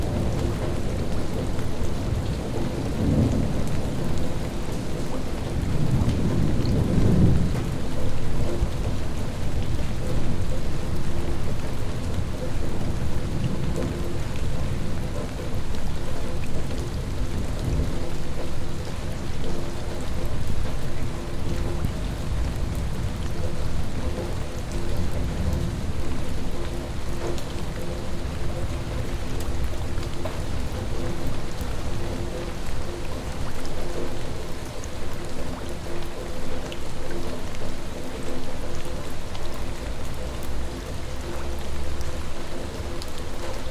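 Steady rain falls over a city, a dense, even hiss with a low rumble underneath and faint tonal hums lingering throughout.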